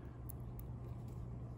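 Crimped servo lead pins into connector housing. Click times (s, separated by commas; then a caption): 0.3 s, 0.6 s. Long crimped pins on a servo lead are slid through a plastic connector housing until they lock, with two faint, sharp clicks at 0.3 s and 0.59 s over a steady low hum. The pins seat in the housing and hold when pulled.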